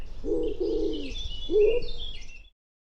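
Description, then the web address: Bird makes two longer husky coos then a brief rising one, with faint high chirping of other birds behind. "cianscape birddata Deverinetal 2025 Bird Co Pa Co Pa"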